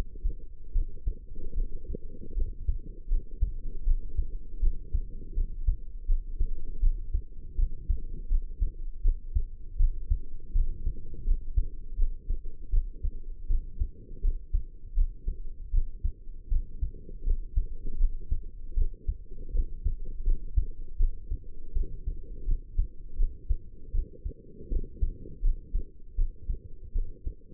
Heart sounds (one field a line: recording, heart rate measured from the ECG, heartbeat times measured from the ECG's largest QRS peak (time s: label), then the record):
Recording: heart sounds by stethoscope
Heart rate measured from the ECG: 80 bpm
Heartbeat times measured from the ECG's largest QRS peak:
0.72 s: heartbeat
1.54 s: heartbeat
2.34 s: heartbeat
3.08 s: heartbeat
3.84 s: heartbeat
4.60 s: heartbeat
5.34 s: heartbeat
6.06 s: heartbeat
6.80 s: heartbeat
7.56 s: heartbeat
8.28 s: heartbeat
9.02 s: heartbeat
9.77 s: heartbeat
10.52 s: heartbeat
11.24 s: heartbeat
11.96 s: heartbeat
12.70 s: heartbeat
13.47 s: heartbeat
14.21 s: heartbeat
14.94 s: heartbeat
15.71 s: heartbeat
16.49 s: heartbeat
17.24 s: heartbeat
17.97 s: heartbeat
18.74 s: heartbeat
19.52 s: heartbeat
20.24 s: heartbeat
20.97 s: heartbeat
21.73 s: heartbeat
22.45 s: heartbeat
23.16 s: heartbeat
23.92 s: heartbeat
24.69 s: heartbeat
25.41 s: heartbeat
26.16 s: heartbeat
26.93 s: heartbeat
From the record:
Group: healthy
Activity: rest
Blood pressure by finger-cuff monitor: 112/73 mmHg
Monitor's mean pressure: 85 mmHg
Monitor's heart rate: 80 bpm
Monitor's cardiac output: 5.8 L/min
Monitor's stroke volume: 75 mL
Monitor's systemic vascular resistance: 1040 dyn s/cm5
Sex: female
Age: 22 years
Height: 160 cm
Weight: 45 kg